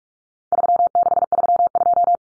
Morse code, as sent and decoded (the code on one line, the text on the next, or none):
...-- -.... ...-- ..---
3632